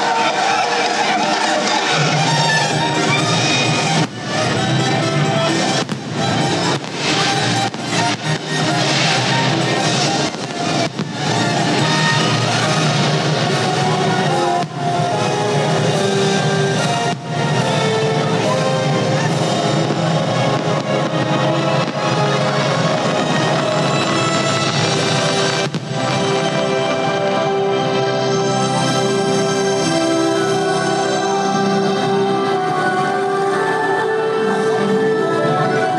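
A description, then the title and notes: Fireworks at Small World Mall: sharp pops and cracks come in a quick cluster over the first seventeen seconds, then a lone bang near the twenty-six-second mark. Throughout, a thick, steady wash of crowd noise and tonal sound fills the background. Disneyland Forever fireworks as heard from Small World Mall. Unfortunately my levels were a little high on the recording.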